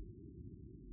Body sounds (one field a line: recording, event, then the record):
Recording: neck accelerometer signal played as sound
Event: no cough (speech, laughter, throat clearing or background)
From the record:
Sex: male